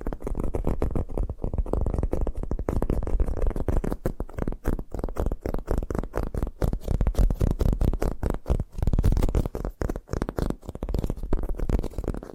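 Rapid tapping runs through the whole stretch, a dense stream of quick, sharp taps, many per second, with little pause. The sound sits mostly low and full, with a dull thud underneath and only light brightness on top. Intensity stays fairly even throughout.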